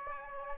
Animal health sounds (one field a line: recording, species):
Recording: mosquito wingbeat signal from an infrared sensor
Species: Aedes aegypti